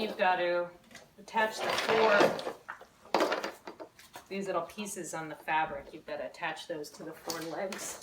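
Someone talks while handling the plastic attachment pieces on the fabric of a Guava Family travel crib, which are meant to snap onto the crib's four legs. A short, sharp hit sounds at about 3.2 s among the speech. Nothing has snapped into place or seated yet.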